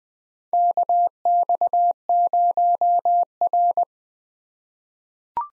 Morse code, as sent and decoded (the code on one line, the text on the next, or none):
-.- -..- ----- .-.
KX0R